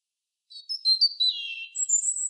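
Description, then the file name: European robin song: thin, wavering high notes slide downward into a soft warble, followed by a piercing, very high drawn-out whistle. "Erithacus rubecula"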